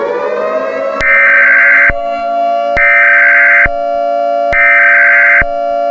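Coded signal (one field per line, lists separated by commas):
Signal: Emergency Alert System (SAME) tones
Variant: header bursts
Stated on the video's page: Recreated EAS scenario, not a real alert.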